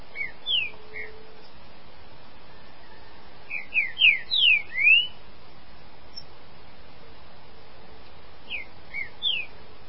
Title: Trinca Ferro